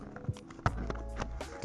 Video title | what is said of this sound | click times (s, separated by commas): Here Is How To Remove The Jeep Wrangler JL Soft Top | then you're going to push in and it kind of clicks into place there get | 0.7 s